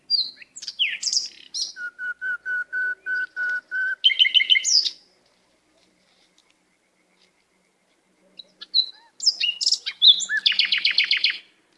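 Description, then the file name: Canary song in bursts: varied chirps, then a steady run of repeated mid-pitched notes and a buzzy high trill, a silent pause, and another rapid trilled phrase. "Canary Voice"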